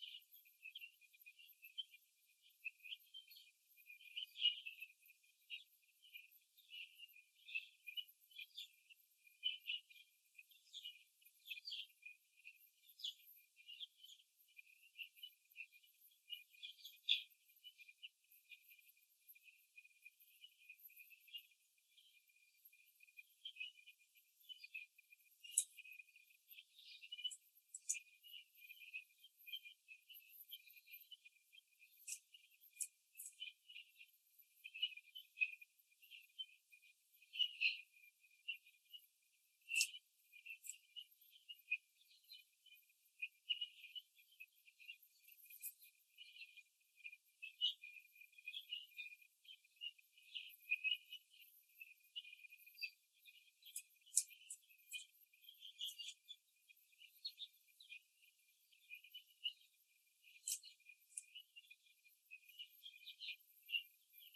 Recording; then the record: young laying hens in a cage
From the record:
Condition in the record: before the stressor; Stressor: simulated dog barking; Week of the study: 2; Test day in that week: 3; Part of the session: 2